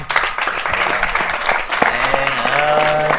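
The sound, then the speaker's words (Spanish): About half of an audience claps in a steady, dense patter for about three seconds, with some faint tonal sounds and murmuring rising under the applause toward the end. “Bueno, vale, la mitad aplauden, la otra mitad y mitad”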